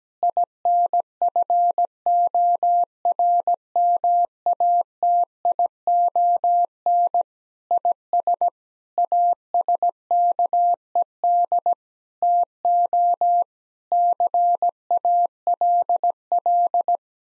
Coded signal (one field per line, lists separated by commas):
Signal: Morse code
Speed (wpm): 17 wpm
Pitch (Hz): 700 Hz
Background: none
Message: INFORMATION IS ASKED TO CALL